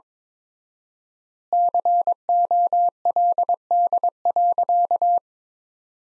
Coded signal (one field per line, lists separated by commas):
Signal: Morse code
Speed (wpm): 23 wpm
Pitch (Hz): 700 Hz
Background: none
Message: COLD.